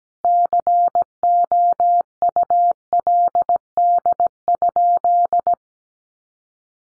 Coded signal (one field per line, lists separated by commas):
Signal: Morse code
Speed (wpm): 17 wpm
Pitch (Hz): 700 Hz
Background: none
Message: COULD?